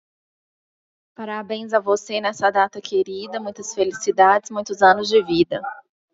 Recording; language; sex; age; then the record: short text; Brazilian Portuguese; female; 30 to 39 years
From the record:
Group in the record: control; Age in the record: 33 years